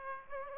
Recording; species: mosquito wingbeat signal from an infrared sensor; Aedes aegypti